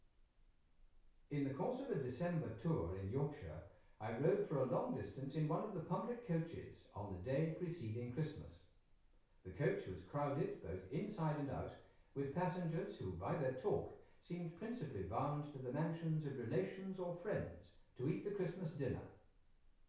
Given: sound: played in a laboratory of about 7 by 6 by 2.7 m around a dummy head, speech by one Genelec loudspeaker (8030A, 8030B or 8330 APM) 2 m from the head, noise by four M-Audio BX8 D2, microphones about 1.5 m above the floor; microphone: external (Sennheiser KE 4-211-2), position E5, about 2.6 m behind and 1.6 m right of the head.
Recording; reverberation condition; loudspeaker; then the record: male speech in English; medium; 150 degrees to the left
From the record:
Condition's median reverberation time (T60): about 510 ms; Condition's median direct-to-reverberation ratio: about -0.5 dB